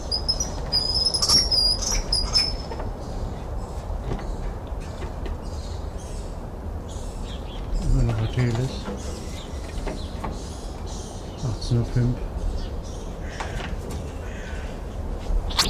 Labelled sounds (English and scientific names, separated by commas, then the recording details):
Black-handed Spider Monkey (Ateles geoffroyi)
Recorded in captivity
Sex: group
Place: Tiergarten Schönbrunn, AT
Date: 1990-09-02 18:05
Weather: overcast, 17°C
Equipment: Marantz CP 430, Sennheiser ME 80, Kopie Uher Variocord
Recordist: Tembrock, Günter